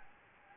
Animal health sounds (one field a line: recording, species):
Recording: mosquito wingbeat signal from an infrared sensor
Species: Anopheles gambiae